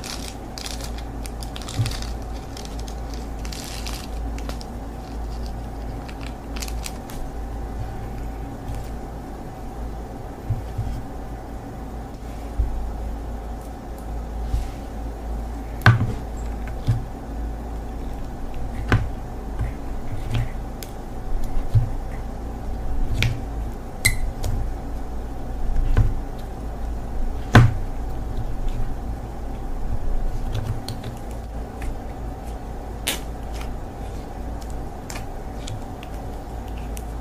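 Someone plays with slime, making short sticky clicks and squelches that come irregularly, more often in the second half, with sharper pops around 16, 24 and 27 seconds. Beneath them runs a steady low hum with a faint constant tone.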